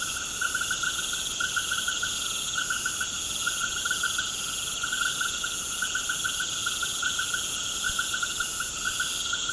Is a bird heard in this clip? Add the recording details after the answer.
no. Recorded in pastures near Puerto Asís, Putumayo, Colombia, on 24 March 2025 at 19:30. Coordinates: 0.472, -76.329. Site G074